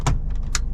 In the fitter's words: There it is, nice and tight. I heard it click in there.